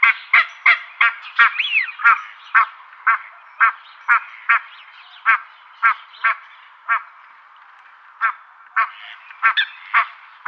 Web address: Schulze Peter Barnacle Goose